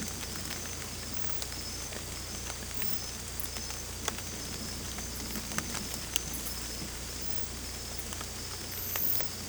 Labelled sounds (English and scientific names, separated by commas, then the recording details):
none
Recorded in secondary vegetation near Puerto Asís, Putumayo, Colombia, on 16 December 2024 at 02:00
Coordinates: 0.468, -76.324
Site G095